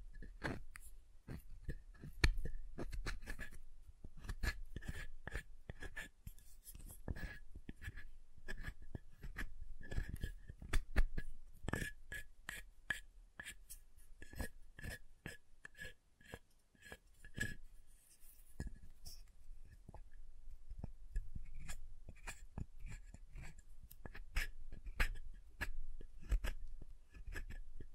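Soap is tapped and carved in a dense stream of short, crisp clicks and scrapes, often several per second and irregularly spaced. Some hits land with a dull low thud, others are thin and bright. A quieter, sparser stretch comes around 17 to 20 seconds.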